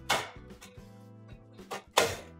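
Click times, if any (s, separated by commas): 0.1 s, 2.0 s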